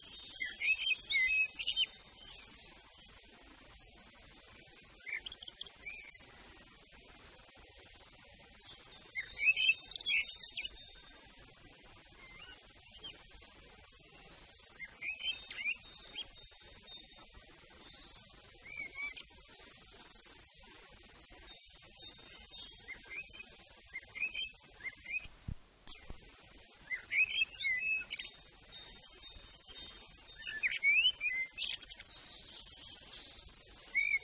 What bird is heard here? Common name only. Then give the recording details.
Common Blackbird. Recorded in the wild. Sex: male. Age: adult. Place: Erlangen, Bayern, DE. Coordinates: 49.6075, 11.0092. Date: 1966. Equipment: Nagra, Vollspur. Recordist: Tretzel, Erwin